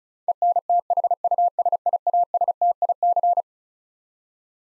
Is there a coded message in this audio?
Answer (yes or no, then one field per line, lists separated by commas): yes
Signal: Morse code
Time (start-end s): 0.3-3.4 s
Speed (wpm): 34 wpm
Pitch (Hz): 700 Hz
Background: none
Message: ENTHUSIASTIC